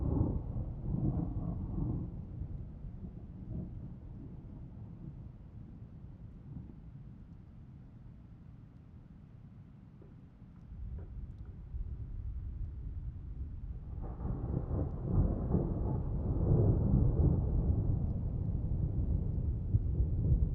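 Deep, continuous rumbling of a night storm, with the roar of swollen torrential streams underneath. The low roar dips and thins around the middle, then swells again from about fourteen seconds, fuller and rougher toward the end.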